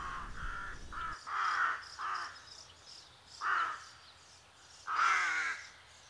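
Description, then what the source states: Rook cawing: several rough, harsh caws at uneven intervals. Rooks arriving in spring from Denmark to Finnish fields and roadsides; among the first migrants; lively flying and excited cawing in parks and small woods.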